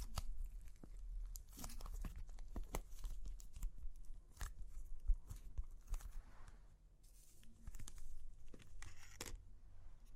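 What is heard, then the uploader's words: Clay cracking and crunching in a dense run of sharp snaps and gritty crackles, with sudden bright cracks scattered throughout, heaviest around 1.5 to 2.5 and 4.5 seconds. Activity thins briefly near 6.5 seconds, then picks up again with more crisp breaks over a steady low rumble. Super Crunchy Clay Cracking (No Talking).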